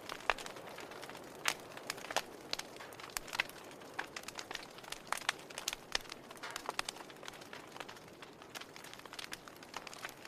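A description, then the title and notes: A fireplace crackles steadily, sharp bright pops scattered densely and irregularly over a low, soft rushing hum, even throughout. This episode is of a fireplace.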